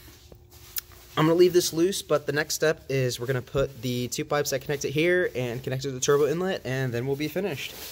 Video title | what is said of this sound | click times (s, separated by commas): Integrated Engineering intake and turbo inlet install on GLI | your other line here secondary air injection is just going to push and click into place | 0.8 s